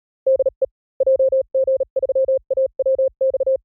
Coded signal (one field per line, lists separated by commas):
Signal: Morse code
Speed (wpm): 37 wpm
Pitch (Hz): 530 Hz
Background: none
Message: DE JG3AWX